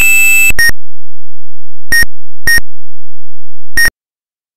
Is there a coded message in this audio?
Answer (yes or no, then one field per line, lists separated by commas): no